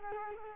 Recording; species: mosquito wingbeat signal from an infrared sensor; Culex quinquefasciatus